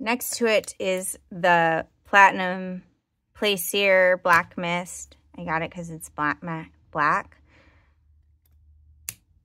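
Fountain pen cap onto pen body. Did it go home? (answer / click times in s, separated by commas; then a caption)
yes / 9.1 s. Someone talks about a black Platinum Plaisir fountain pen in Black Mist with a medium nib, then closes its snap cap onto the pen body. The cap gives one loud, crisp click at 9.1 s and is seated shut.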